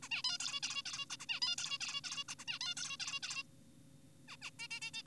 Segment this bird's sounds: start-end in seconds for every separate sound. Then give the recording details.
0.02-0.09, 0.11-0.22, 0.24-0.38, 0.40-0.60, 0.63-0.83, 0.86-1.06, 1.10-1.17, 1.20-1.26, 1.29-1.40, 1.42-1.56, 1.58-1.78, 1.81-2.01, 2.04-2.24, 2.29-2.35, 2.39-2.45, 2.48-2.59, 2.61-2.74, 2.77-2.97, 3.00-3.20, 3.23-3.43, 4.28-4.36, 4.42-4.50, 4.59-4.68, 4.71-4.80, 4.82-4.91, 4.94-5.02. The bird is an adult. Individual g4p5U